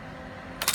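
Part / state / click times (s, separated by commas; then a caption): plastic connector in a display panel / released / 0.6 s, 0.7 s. A plastic connector in a display panel is pressed from inside the plastic square during removal until it pops out. A steady low background hum runs until two short, sharp clicks at about 0.6 and 0.7 seconds. The connector is released.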